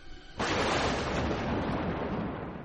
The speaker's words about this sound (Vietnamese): Nền trời bỗng dưng chớp giật liên hồi, gió lạnh lướt thước qua cái xóm nhỏ, xô đẩy liêu xiêu những tàu dừa nước ở bên mé kinh.